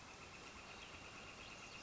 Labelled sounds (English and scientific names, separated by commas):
Northern Flicker (Colaptes auratus)